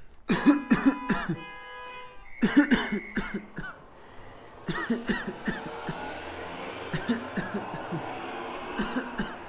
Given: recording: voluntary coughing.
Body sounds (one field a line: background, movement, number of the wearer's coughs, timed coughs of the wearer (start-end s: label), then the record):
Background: traffic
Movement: walking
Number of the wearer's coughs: 16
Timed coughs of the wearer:
0.27-0.68 s: cough
0.68-1.07 s: cough
1.07-1.44 s: cough
2.40-2.69 s: cough
2.69-3.05 s: cough
3.14-3.49 s: cough
3.49-3.84 s: cough
4.67-5.03 s: cough
5.06-5.36 s: cough
5.45-5.72 s: cough
5.72-6.12 s: cough
6.91-7.34 s: cough
7.34-7.64 s: cough
7.78-8.13 s: cough
8.74-9.06 s: cough
9.17-9.41 s: cough
From the record:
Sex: male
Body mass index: 21.0 kg/m2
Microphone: on the chest, facing outward